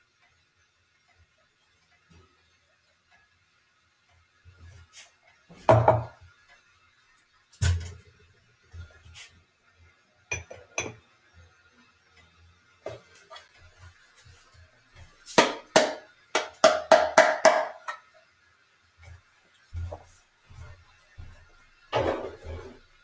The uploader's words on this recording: … is fighting a head cold and has decided to make himself an Americano using his Moka pot.